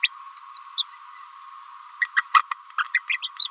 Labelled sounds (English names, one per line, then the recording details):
Green-rumped Parrotlet babbling
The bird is a female
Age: 28 days
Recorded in a nest box in Venezuela
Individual 17B31A3